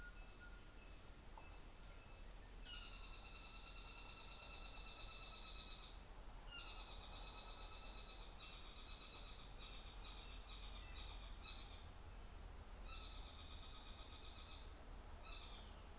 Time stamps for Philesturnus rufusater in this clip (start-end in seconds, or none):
0.00-2.27, 2.64-6.05, 6.34-11.97, 12.75-14.75, 15.23-15.90